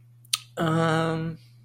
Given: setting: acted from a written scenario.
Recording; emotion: vocal sound without words; embarrassment